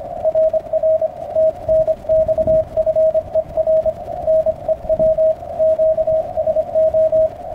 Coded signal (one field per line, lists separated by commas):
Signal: Morse code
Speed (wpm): 26 wpm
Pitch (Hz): 640 Hz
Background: radio noise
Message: RR TNX FER NEW QSO